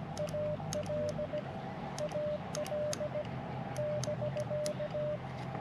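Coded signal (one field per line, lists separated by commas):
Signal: Morse code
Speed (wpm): 17 wpm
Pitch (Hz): 600 Hz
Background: none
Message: AL AL <BK>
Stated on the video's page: Portable POTA operation while camping with an Icom IC-7300 and Hi-Q mobile antenna plus wire, or Elecraft KX2.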